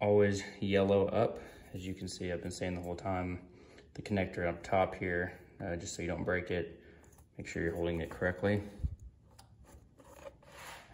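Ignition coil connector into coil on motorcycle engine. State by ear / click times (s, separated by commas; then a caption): not seated / none. Someone talks while holding an ignition coil connector correctly and lining it up, yellow side up, over the coil on a 2008-2010 Kawasaki ZX10R motorcycle engine so it doesn't break. Faint handling and rubbing sounds follow from about 9.0 s. Nothing has seated or clicked yet.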